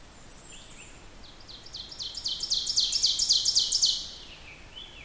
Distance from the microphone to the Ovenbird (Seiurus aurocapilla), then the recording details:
about 25 m. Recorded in boreal forest in Alberta, Canada, on 14 June 2016 at 06:03. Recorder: SongMeter 3, array SBT-3-33. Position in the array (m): 108 m, 20 m. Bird 21